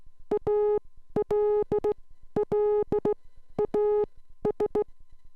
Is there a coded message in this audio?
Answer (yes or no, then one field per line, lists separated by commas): yes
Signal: Morse code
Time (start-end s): 0.3-4.8 s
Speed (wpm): 16 wpm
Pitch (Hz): 420 Hz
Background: none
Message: ALLAS